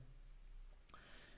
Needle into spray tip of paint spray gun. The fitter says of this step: you want to make sure there's the longitudinal section, the part that goes horizontally as if it's lying on the surface, and that pops into place.